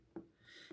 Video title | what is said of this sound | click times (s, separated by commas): boîte à bijoux dp: strass speciaux | tout est bien placé voilà bien enclenché les derniers parce | 0.2 s